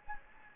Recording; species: mosquito wingbeat signal from an infrared sensor; Anopheles gambiae